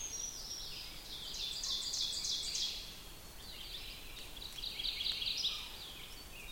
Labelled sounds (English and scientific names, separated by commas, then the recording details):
Ovenbird (Seiurus aurocapilla) song
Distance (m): 65 m
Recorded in boreal forest in Alberta, Canada, on 5 June 2016 at 07:11
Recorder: SongMeter 3, array SBT-3-51
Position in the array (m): 212 m, 15 m
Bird 27